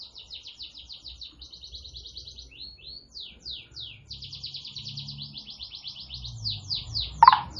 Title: Cengkok kenari mewah yang di cari juri